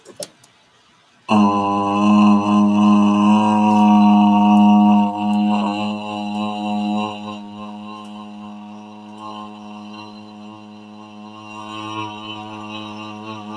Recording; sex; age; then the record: vowel held as long as possible; male; 30 to 39 years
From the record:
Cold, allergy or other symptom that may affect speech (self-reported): no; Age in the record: 36 years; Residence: California, United States